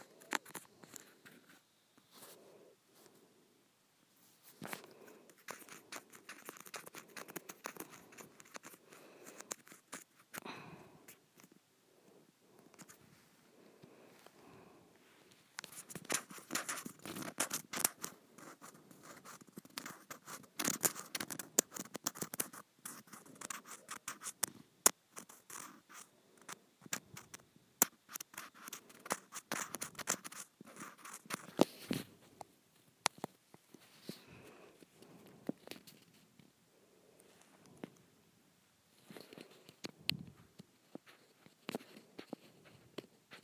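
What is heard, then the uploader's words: Scratching on rippled plastic, heard as dense bursts of quick, crackly rasps with brief pauses between strokes. The scraping is lighter early on, grows busier and louder from about 15 to 32 seconds, then thins into sparser, softer strokes toward the end. Scratching Rippled Plastic.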